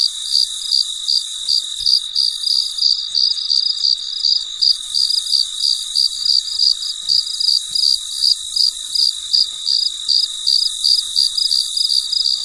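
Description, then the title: Cricket chirps, rapid even pulses close to three per second, layered over a steady high-pitched insect drone. Late at night, in deep quiet. "深夜录制蟋蟀昆虫声"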